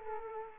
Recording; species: mosquito wingbeat signal from an infrared sensor; Culex quinquefasciatus